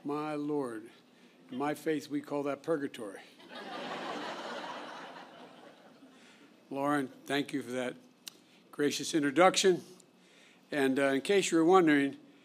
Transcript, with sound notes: My Lord. In my faith, we call that purgatory. (Laughter.) Lauren, thank you for that gracious introduction. And in case you were wondering,